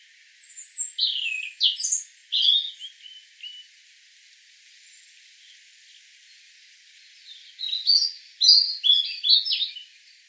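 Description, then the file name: European robin song: two phrases of sharp, varied high notes and trills, parted by several seconds of quiet. "Erithacus rubecula"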